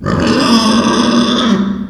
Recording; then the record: squeal of a Yucatan mini pig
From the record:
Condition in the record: after surgery on the right vocal fold (resection and tissue-engineered implant); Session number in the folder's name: 16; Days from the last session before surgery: 183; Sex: female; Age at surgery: 19 weeks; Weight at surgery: 25 kg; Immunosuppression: prednisolone